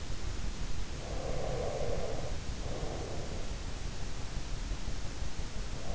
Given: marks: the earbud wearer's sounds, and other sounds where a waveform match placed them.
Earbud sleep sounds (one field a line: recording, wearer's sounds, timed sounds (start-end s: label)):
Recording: sounds in sleep by an in-ear microphone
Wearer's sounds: breath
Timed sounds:
0.79-4.32 s: breath